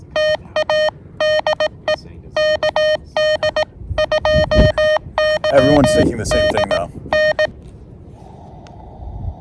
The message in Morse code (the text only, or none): TA DE KD2YDN